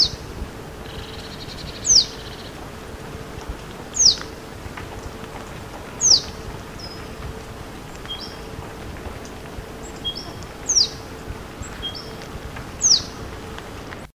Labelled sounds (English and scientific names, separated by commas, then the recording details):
Reed Bunting (Emberiza schoeniclus) call
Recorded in the wild
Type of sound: call
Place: Steinhuder Meer, Niedersachsen, DE
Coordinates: 52.4734, 9.33772
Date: 1979-01-10
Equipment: Halbspur, 9,5 cm/s
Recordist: Lütgens, Hans
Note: Lockruf